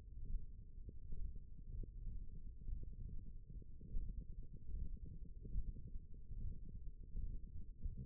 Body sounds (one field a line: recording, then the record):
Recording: forearm muscle sounds (acoustic myography)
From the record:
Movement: thumb flexion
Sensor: system 1, eight BSWA MPA416 microphones around the upper forearm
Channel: 1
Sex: male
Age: 42 years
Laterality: right